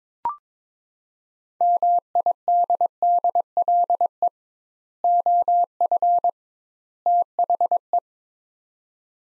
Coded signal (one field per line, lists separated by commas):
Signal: Morse code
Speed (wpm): 22 wpm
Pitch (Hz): 700 Hz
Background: none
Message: MIDDLE OF THE